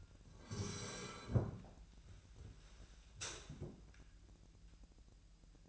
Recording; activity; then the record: daily activity, microphone in the room; sit down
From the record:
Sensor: 2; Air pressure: 1001.5 hPa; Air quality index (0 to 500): 242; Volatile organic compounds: 75 ppm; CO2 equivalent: 3567 ppm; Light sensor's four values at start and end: 10/25/11/11 and 12/29/12/13